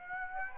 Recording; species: mosquito wingbeat signal from an infrared sensor; Aedes aegypti